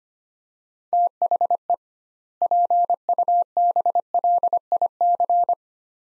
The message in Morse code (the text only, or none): THE PUBLIC